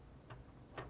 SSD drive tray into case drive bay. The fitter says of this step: and it snaps right in place